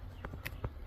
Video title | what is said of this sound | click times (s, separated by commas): #shorts #shortvideo #shorts #new #pistolcrossbow #fishing #sajutechandfishing #handmade #wood #fish | കണ്ടോ unlock ആയി കണ്ടോ | 0.2 s, 0.5 s, 0.7 s